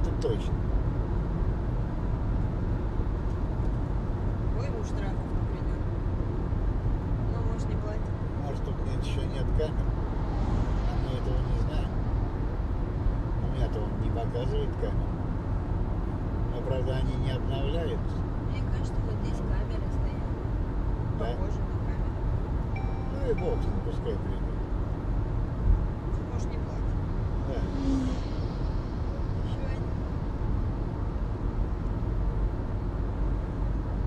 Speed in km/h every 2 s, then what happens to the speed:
114, 114, 112, 111, 111, 111, 110, 112, 113, 113, 114, 114, 113, 112, 112, 112, 112.
0-34 steady at about 112.